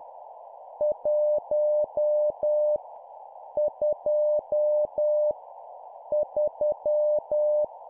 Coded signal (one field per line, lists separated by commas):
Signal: Morse code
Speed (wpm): 10 wpm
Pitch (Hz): 600 Hz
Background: none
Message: 1 2 3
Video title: 10wpm Numbers, cw morse code